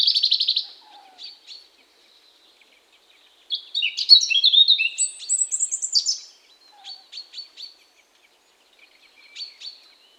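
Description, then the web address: European robin song: a short loud burst and a few quiet notes, then a bright, high phrase of varied warbles and slides lasting about three seconds, followed by scattered quiet ticks. "SETE data Erithacus rubecula"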